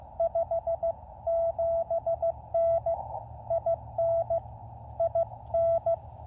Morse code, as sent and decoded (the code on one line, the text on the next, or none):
..... --... -. / .. -. / .. -.
57N IN IN